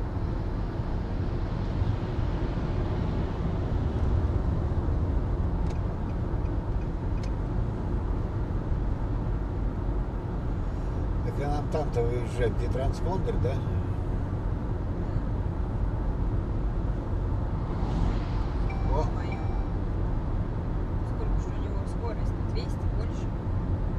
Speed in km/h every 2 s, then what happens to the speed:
111, 111, 112, 112, 112, 113, 111, 110, 109, 108, 108, 110.
0-24 steady at about 111.